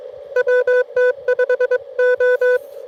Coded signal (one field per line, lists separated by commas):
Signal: Morse code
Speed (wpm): 24 wpm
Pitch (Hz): 500 Hz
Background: none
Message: WT5O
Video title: Fort Deseret Utah POTA